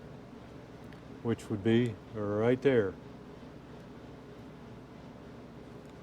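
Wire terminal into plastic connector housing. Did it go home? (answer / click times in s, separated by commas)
no / none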